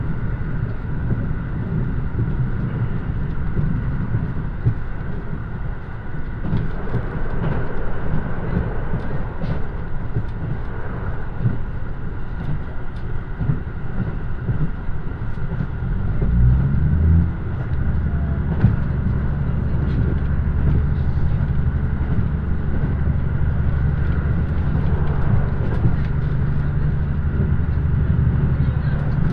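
A KiHa 85 diesel limited express, the Nanki 6, runs on the Kansai Main Line toward Nagoya with a steady, dull rumble and faint clatter. Around sixteen seconds the engine note climbs and settles into a stronger, even low drone.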